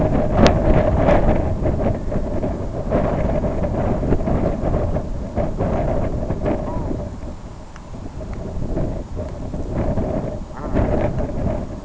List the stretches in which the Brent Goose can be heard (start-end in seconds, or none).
6.55-6.95, 10.39-10.90